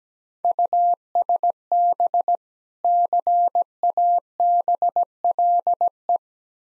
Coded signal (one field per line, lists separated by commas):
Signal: Morse code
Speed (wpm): 17 wpm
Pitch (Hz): 700 Hz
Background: none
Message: USB CABLE